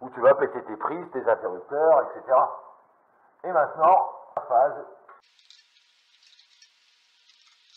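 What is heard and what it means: A phase wire is being handled at a push-in (automatic) wiring connector in a junction box, ready to be pushed in. Someone talks for the first five seconds, then faint small rustling and handling noises follow. Nothing has seated or clicked into the connector yet.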